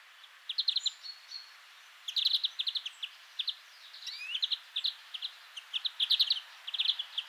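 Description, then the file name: European greenfinch giving quick chirping twitters and short trills in irregular bursts, with a thin rising whistle and a brief steady tone. "Chloris chloris"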